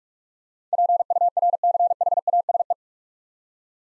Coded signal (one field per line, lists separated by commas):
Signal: Morse code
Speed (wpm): 42 wpm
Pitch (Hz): 700 Hz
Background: none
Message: PURCHASE